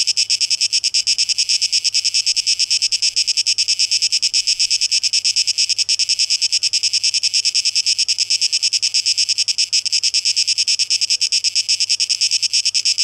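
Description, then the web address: Cicadas singing a dense, sizzling high buzz that pulses quickly and evenly across the whole stretch. Recorded 12 August 2023; tape echo mix. "rauschpartikel 2023-08-12 Zikaden"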